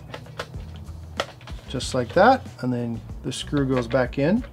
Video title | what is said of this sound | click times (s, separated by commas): Best Underwater Drone - Gladius Mini - First Look | then it just snaps into place just like that | 1.2 s